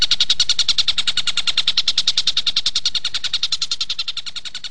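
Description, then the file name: Stork-billed kingfisher giving rapid, evenly spaced rattling notes, fading slightly toward the end. "tengkek buto awi"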